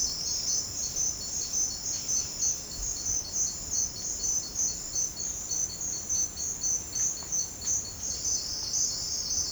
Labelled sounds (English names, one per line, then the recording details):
none
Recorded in secondary vegetation near Puerto Asís, Putumayo, Colombia, on 9 March 2025 at 13:30
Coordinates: 0.484, -76.319
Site G010